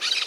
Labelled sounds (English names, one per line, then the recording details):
Brown-throated Parakeet contact call
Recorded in Margarita
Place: San Francisco, near stadium
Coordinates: 11.018, -64.294